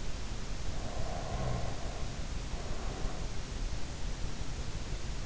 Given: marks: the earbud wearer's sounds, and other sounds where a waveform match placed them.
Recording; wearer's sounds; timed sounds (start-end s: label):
sounds in sleep by an in-ear microphone; breath
0.61-3.60 s: breath